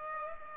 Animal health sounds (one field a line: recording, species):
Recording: mosquito wingbeat signal from an infrared sensor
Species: Aedes aegypti